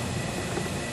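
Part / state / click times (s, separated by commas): wifi cable connector into vehicle processor card socket / not seated / none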